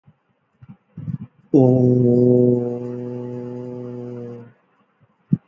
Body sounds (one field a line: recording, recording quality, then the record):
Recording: sustained vowel as in boot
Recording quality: excellent, no background noise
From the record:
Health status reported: healthy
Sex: male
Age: 28 years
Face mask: not worn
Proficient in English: yes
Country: India